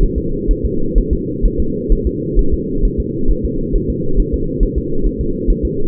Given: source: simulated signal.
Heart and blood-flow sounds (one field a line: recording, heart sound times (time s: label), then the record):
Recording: fetal heart sounds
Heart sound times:
0.03 s: S1
0.18 s: S2
0.51 s: S1
0.65 s: S2
0.98 s: S1
1.13 s: S2
1.45 s: S1
1.60 s: S2
1.92 s: S1
2.07 s: S2
2.39 s: S1
2.54 s: S2
2.85 s: S1
3.00 s: S2
3.31 s: S1
3.45 s: S2
3.75 s: S1
3.90 s: S2
4.20 s: S1
4.34 s: S2
4.63 s: S1
4.78 s: S2
5.07 s: S1
5.21 s: S2
5.50 s: S1
5.65 s: S2
From the record:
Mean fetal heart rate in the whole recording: 130 bpm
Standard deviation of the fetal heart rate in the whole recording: 4 bpm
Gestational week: 38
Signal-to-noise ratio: -8.1 dB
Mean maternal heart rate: 72 bpm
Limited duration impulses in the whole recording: absent